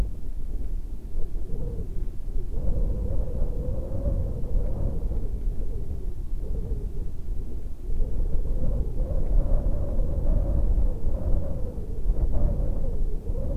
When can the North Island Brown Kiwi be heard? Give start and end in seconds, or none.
none